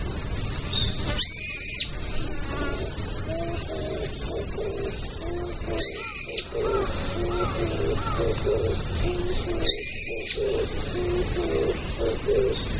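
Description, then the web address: Brown-eared bulbul giving three harsh, screechy calls about four to five seconds apart over a steady high insect trill and soft low chirping. Autumn. "sikioto birds akihiyodori"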